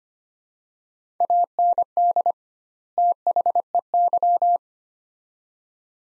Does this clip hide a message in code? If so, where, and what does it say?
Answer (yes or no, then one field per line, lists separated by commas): yes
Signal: Morse code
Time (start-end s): 1.2-4.6 s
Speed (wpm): 25 wpm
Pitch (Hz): 700 Hz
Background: none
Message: AND THEY